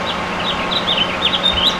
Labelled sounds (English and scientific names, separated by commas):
House Finch (Haemorhous mexicanus) song